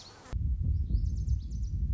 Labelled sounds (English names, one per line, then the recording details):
Lazuli Bunting
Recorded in Sonoma County, California